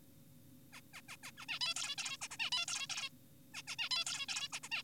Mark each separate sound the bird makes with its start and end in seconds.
0.73-0.81, 0.94-1.01, 1.09-1.16, 1.23-1.32, 1.38-1.46, 1.49-1.59, 1.61-1.74, 1.76-1.96, 1.98-2.17, 2.22-2.28, 2.31-2.37, 2.39-2.50, 2.52-2.66, 2.68-2.87, 2.90-3.10, 3.54-3.62, 3.68-3.76, 3.79-3.89, 3.91-4.04, 4.06-4.26, 4.29-4.48, 4.53-4.59, 4.63-4.69, 4.72-4.82